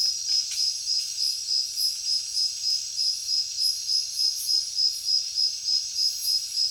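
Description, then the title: Crickets chirp in fast, metronome-like pulses over a steady high trill, joined by occasional louder swelling insect calls higher up. Heavy cricket chorus at night in a jungle. "alex productions ambient music nature. Jungle night heavy crickets"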